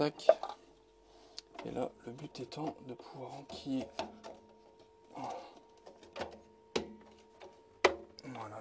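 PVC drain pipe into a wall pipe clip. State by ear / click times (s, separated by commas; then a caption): seated / 7.9 s. A PVC drain pipe is pushed into its wall-mounted pipe clip while someone talks, with a few light knocks scattered through the clip. A sharp snap at 7.8 s marks the pipe seating fully in the clip.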